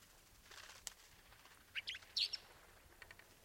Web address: snow bunting bird call